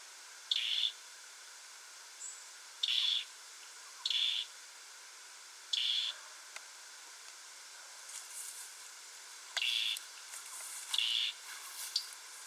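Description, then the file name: European robin giving brief, high, rasping call notes, repeated irregularly about every one to four seconds, with faint thin high chirps in the background. "Erithacus rubecula"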